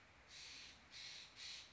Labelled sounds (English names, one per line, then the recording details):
Steller's Jay
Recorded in Sonoma County, California